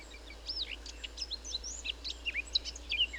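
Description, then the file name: Eurasian blackcap: a warbler-like bird giving a quick, jumbled twittering song of high, varied notes, fairly quiet against a steady low hum. "Sylvia atricapilla"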